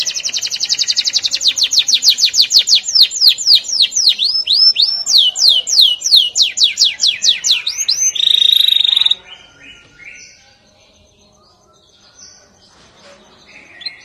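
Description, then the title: Canary singing quick repeated high sweeping notes in a long rolling trill, ending in a brief buzzy burst before the song fades to near quiet. "Kenari"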